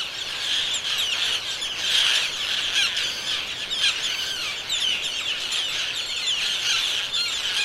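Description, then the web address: Roseate terns calling as a group, a constant wash of grating, squealing high notes with no pause, several birds clearly overlapping. Seabird recording of general vocalizations of roseate terns. "aves-marinhas garajaus garajau-rosado geral Vocalizacoes"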